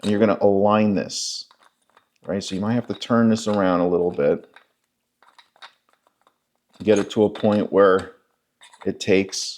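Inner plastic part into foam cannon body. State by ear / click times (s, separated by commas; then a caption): not seated / none. Someone talks while turning and aligning the white and blue plastic parts of the inner piece for a foam cannon body during a filter replacement, with faint quiet handling ticks between about 5.2 and 6.3 seconds. The part is only being aligned before insertion; nothing has seated or clicked yet.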